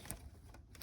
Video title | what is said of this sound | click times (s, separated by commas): CUSTOM DEPO HEADLIGHTS INSTALL 350Z (LED STRIP, HALO AND DEMON EYES) | it just snapped back in god damn it all right | 0.1 s